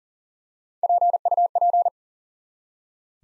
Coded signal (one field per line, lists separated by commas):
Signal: Morse code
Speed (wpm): 40 wpm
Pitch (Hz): 700 Hz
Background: none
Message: PUP